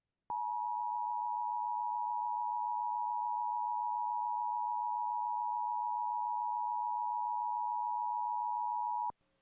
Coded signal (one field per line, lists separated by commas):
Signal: Emergency Alert System (SAME) tones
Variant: 853 and 960 Hz attention tone